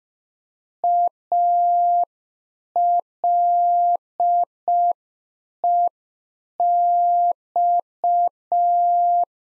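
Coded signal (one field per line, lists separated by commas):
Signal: Morse code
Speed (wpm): 5 wpm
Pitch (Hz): 700 Hz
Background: none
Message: ALEX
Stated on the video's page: Beginner practice QSO exchange (RST, QTH, name) at 5 wpm, sent in Morse, then spoken, then sent again for head-copy.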